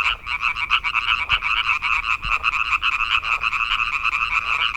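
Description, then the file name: European tree frog calls, rapid rasping pulse trains running together into an unbroken clattering stream, with a couple of faint low knocks. "Hyla arborea"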